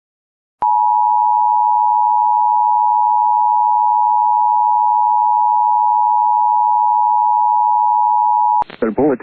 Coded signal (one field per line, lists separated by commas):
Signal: Emergency Alert System (SAME) tones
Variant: 853 and 960 Hz attention tone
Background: speech